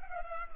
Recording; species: mosquito wingbeat signal from an infrared sensor; Culex pipiens